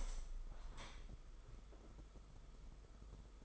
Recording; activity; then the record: daily activity, microphone in the room; open window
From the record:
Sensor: 5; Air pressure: 991.4 hPa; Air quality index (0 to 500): 108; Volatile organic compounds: 24 ppm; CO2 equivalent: 2808 ppm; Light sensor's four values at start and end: 39/126/47/51 and 39/126/47/51